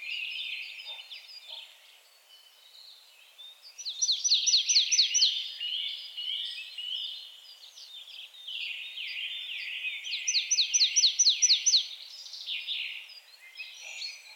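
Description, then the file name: Marsh tit calls: two quick runs of sharp, high, downslurred notes, with quieter, lower chattering notes before, between and after. "Poecile palustris"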